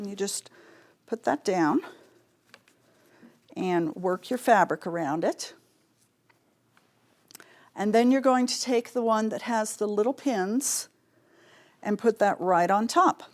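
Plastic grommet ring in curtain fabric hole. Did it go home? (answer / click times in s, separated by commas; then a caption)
no / none. Someone talks while a bottom plastic grommet ring is set down and curtain fabric is worked around it through the cut hole, with a few faint handling ticks in the pauses. The top ring has not been pressed on yet, and nothing has snapped into place.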